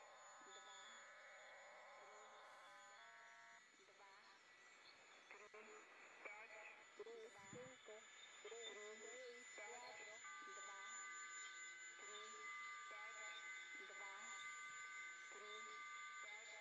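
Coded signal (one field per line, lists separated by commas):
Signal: numbers station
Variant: HM01, Spanish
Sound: short spoken words over hiss with faint steady whistling tones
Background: radio static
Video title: Numbers Station HM01 S06s 11635khz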